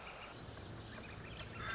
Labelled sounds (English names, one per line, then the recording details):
Northern Flicker
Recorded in Sonoma County, California